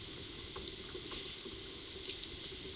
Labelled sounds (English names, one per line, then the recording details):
none
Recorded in pastures near Puerto Asís, Putumayo, Colombia, on 20 February 2024 at 15:00
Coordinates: 0.497, -76.327
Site G7276